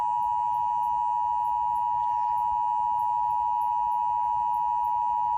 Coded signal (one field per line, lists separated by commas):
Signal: Emergency Alert System (SAME) tones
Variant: 853 and 960 Hz attention tone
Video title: RWT from Nevada on Wearherscan 24/7 EAS #259